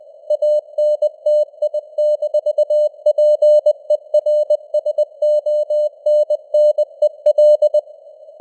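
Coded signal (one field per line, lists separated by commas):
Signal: Morse code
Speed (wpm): 20 wpm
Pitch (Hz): 600 Hz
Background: none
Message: ANTI-PERSONNEL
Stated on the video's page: Morse news headlines at 20 wpm with simulated radio noise and varying signal strength (QSB).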